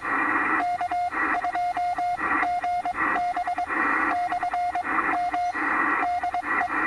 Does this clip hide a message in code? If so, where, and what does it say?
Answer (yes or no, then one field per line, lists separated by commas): yes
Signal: Morse code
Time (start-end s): 0.6-6.7 s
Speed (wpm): 22 wpm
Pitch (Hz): 710 Hz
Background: radio noise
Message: K2GB /M DE